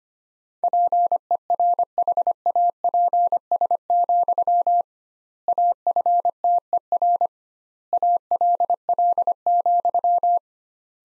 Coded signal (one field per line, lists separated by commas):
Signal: Morse code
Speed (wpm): 25 wpm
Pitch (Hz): 700 Hz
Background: none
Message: PERHAPS, AFTER ALL,